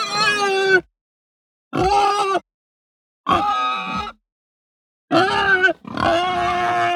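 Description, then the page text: Pig giving five harsh, nasal squeals, most under a second long and separated by short pauses, the last two almost running together. Hampshire breed; grunting and high squealing while hungry and distressed. "Hampshire Pig Grunt High Squeal Hungry Distressed. Quick Sounds"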